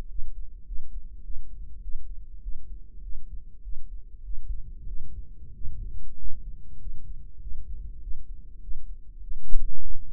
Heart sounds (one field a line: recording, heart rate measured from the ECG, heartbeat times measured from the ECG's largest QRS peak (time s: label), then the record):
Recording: heart sounds by microphone in the right ear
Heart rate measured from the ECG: 99 bpm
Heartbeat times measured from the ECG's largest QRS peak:
0.11 s: heartbeat
0.68 s: heartbeat
1.25 s: heartbeat
1.84 s: heartbeat
2.44 s: heartbeat
3.05 s: heartbeat
3.65 s: heartbeat
4.26 s: heartbeat
4.89 s: heartbeat
5.56 s: heartbeat
6.20 s: heartbeat
6.82 s: heartbeat
7.43 s: heartbeat
8.03 s: heartbeat
8.63 s: heartbeat
9.23 s: heartbeat
9.83 s: heartbeat
From the record:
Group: healthy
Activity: rest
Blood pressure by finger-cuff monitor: 166/82 mmHg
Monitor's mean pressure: 105 mmHg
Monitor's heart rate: 100 bpm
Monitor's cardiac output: 8.8 L/min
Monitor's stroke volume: 88 mL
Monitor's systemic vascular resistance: 880 dyn s/cm5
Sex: male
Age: 21 years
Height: 175 cm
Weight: 72.6 kg